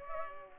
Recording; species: mosquito wingbeat signal from an infrared sensor; Culex pipiens